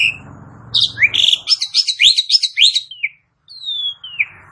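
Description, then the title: Asian pied starling song: a low rumble gives way to quick rising whistles and chattering notes, then a long falling whistle after a short gap. "Bunyi Jalak Suren"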